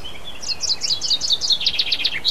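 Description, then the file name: Common chaffinch song, high quick repeated notes sliding downward into a brisk terminal flourish. "pinson"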